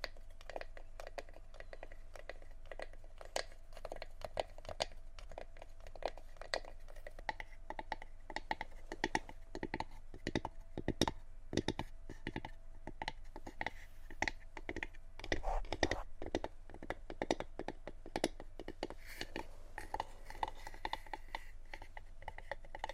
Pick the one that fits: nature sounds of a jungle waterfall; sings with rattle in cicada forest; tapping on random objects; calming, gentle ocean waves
tapping on random objects